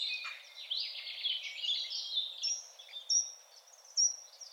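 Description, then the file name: Eurasian wren singing a fast, high, buzzy warble that breaks into a string of clear whistled notes and crisp ticks near the end. "Troglodytes troglodytes"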